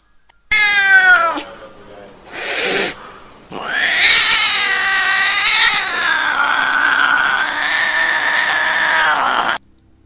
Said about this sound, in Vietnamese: Lúc này khắp khu rừng vang vọng tiếng mèo kêu.